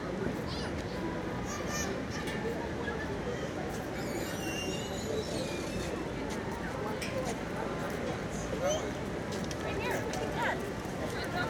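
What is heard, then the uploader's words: Springtime in Washington Square Park: a steady, dense murmur of many voices talking at once fills the whole clip. Scattered brighter sounds, like shouts or children's calls, pop out now and then, with a low traffic rumble underneath. Washington Square Park in the Springtime.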